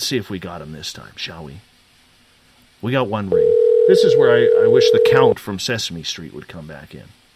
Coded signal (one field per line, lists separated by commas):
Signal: telephone call progress tone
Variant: North America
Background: speech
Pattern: ringback tone